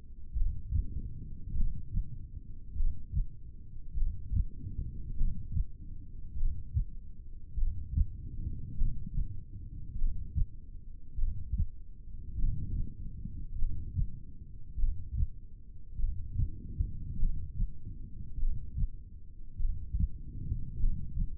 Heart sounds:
heart sounds by stethoscope; 50 bpm
0.38 s: heartbeat
1.58 s: heartbeat
2.78 s: heartbeat
3.98 s: heartbeat
5.19 s: heartbeat
6.39 s: heartbeat
7.59 s: heartbeat
8.79 s: heartbeat
10.00 s: heartbeat
11.20 s: heartbeat
12.40 s: heartbeat
13.60 s: heartbeat
14.80 s: heartbeat
16.00 s: heartbeat
17.21 s: heartbeat
18.41 s: heartbeat
19.61 s: heartbeat
20.82 s: heartbeat
From the record:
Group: heart failure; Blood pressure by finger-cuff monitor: 118/65 mmHg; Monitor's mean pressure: 84 mmHg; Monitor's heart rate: 50 bpm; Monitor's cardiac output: 4.5 L/min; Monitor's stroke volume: 91 mL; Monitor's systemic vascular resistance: 1350 dyn s/cm5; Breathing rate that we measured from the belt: 15 breaths a minute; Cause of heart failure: cardiac sarcoid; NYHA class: 1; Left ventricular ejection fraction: 39%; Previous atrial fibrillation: present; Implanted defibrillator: present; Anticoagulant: apixaban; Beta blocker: carvedilol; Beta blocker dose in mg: 50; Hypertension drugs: ramipril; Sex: male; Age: 79 years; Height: 184 cm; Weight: 92.5 kg

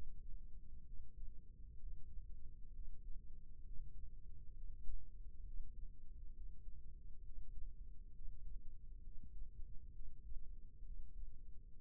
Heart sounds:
heart sounds by microphone in the right ear; 66 bpm
0.83 s: heartbeat
1.76 s: heartbeat
2.70 s: heartbeat
3.62 s: heartbeat
4.53 s: heartbeat
5.42 s: heartbeat
6.32 s: heartbeat
7.21 s: heartbeat
8.10 s: heartbeat
9.00 s: heartbeat
9.91 s: heartbeat
10.82 s: heartbeat
11.73 s: heartbeat
From the record:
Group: healthy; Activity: Valsalva maneuver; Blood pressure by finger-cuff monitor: 139/67 mmHg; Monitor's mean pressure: 87 mmHg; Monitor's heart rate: 66 bpm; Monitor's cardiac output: 5.6 L/min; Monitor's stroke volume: 85 mL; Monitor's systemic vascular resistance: 1100 dyn s/cm5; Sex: female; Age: 37 years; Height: 168 cm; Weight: 70 kg

